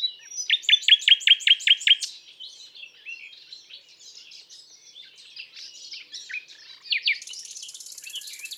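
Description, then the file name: Common nightingale song opening with about seven loud repeated notes, then soft mixed chatter, and ending with a high, thin buzzy trill. "Rossignol philomele"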